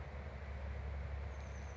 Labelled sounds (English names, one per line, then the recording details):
Oak Titmouse
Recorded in Sonoma County, California